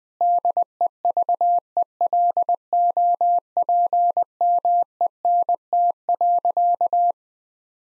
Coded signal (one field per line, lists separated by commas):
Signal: Morse code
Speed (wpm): 20 wpm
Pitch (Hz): 700 Hz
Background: none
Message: DEVELOPMENT.